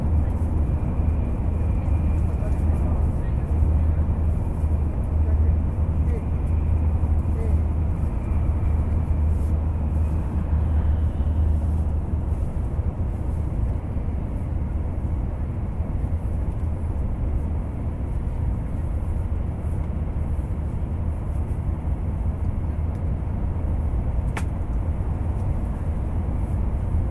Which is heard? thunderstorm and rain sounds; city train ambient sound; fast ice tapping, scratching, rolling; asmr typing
city train ambient sound